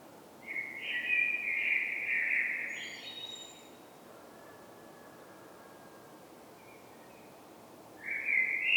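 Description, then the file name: Common blackbird singing a rich fluted phrase with a squeaky high flourish, then a pause before the next whistled phrase begins. "Turdus merula"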